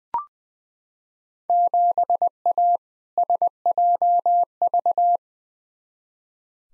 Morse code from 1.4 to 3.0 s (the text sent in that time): 7A